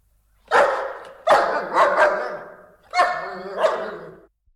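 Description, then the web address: Dog barking in a deep, harsh voice, several barks in two bursts with a short pause between them. Large dogs barking. "animals dogs large dogs barking"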